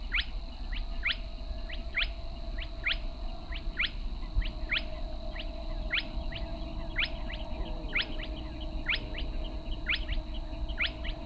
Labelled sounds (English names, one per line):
Spotted Crake